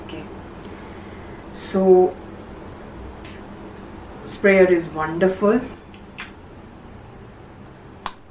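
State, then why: Seated. Someone talks while handling a perfume bottle, and after spraying, the tight cap is pushed back onto the bottle, with a few faint taps around 5.9 and 6.2 seconds. At 8.1 seconds, the cap snaps on with a sharp click, seating it so the bottle is safely locked.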